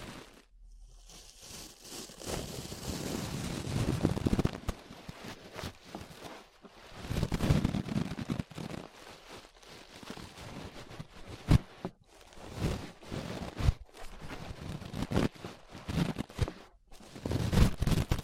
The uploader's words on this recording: ASMR Relaxing 3Dio Ear Brushing (No Talking).